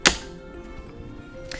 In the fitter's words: Then once you've filled up your clean water, you'll just pop it in here and wait till it clicks.